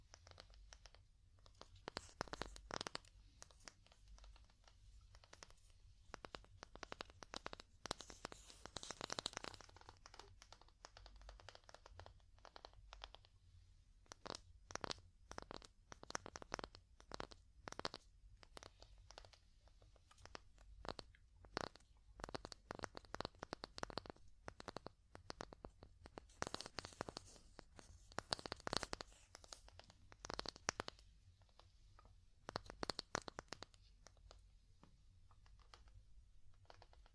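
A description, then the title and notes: Wood tapping in irregular bursts, sharp dry clicks and knocks that come in quick clusters with short pauses between them. The hits sound bright and crisp, some busier flurries around 9, 27 and 33 seconds, over a faint low hum throughout. ASMR Calming Wood Tapping (No Talking).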